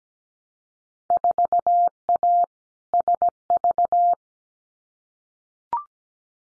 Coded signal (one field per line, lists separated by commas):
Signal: Morse code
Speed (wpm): 17 wpm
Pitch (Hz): 700 Hz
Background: none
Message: 4A SV